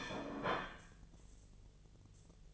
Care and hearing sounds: daily activity, microphone in the room; place plate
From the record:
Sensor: 4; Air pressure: 1010.2 hPa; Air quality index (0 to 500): 180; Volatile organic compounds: 5 ppm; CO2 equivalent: 1824 ppm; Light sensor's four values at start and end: 31/93/36/36 and 31/93/36/36

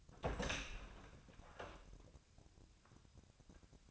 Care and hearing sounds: daily activity, microphone in the room; open door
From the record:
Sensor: 2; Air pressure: 1007.1 hPa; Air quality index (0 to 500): 191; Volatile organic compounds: 12 ppm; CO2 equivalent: 2347 ppm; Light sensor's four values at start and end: 10/23/10/10 and 10/24/10/10

